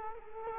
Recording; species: mosquito wingbeat signal from an infrared sensor; Culex quinquefasciatus